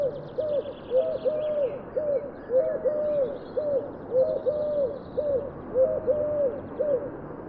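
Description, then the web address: Bird giving soft, low cooing calls, short arched notes in a steady repeated series, with faint higher chirps behind. "Deverinetal 2025 File origin Bird Only"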